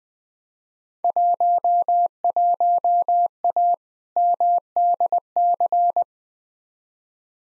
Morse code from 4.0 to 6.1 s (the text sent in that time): MDC